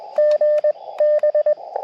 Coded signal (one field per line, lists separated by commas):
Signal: Morse code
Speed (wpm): 20 wpm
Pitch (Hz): 590 Hz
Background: radio noise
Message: GB